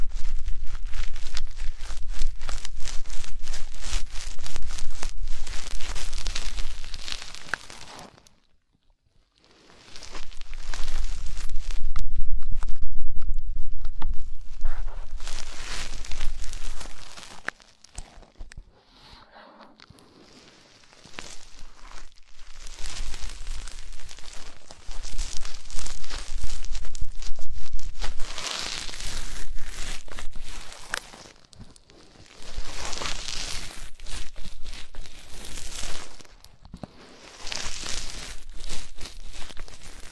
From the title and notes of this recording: Enhanced version of deep ear cleaning, massage.